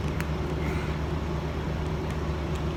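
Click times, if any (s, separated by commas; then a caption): none. A replacement plug-in trailer marker light is worked back and forth and pushed into its rubber grommet on the trailer body. A steady low droning hum runs throughout, with a brief sharp tick at 0.2 s and a few fainter ticks later. Nothing has seated or clicked into place yet.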